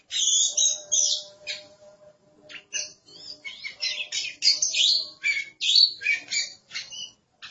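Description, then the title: Oriental magpie-robin song, a fast jumble of high chirps, trills and short whistled notes in quick bursts. "Suara Kicauan Burung Kacer"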